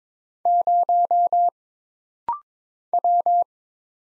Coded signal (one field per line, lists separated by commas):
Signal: Morse code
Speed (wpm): 22 wpm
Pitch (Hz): 700 Hz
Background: none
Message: 0 W